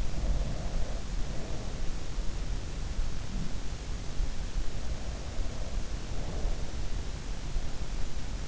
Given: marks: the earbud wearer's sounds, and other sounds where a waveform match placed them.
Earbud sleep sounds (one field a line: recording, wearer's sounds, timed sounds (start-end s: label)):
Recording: sounds in sleep by an in-ear microphone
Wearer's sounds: breath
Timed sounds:
0.00-1.61 s: breath
4.76-6.77 s: breath